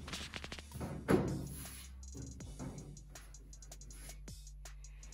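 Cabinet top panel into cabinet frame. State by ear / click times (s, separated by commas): not seated / none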